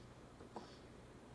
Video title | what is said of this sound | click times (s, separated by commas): Customizing a 1/6 scale figure from beginning to end to include males and females!!! | and the peg snaps into place. So much more stability. | 0.6 s